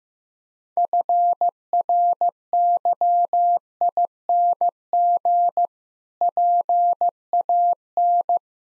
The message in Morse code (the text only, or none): FRYING PAN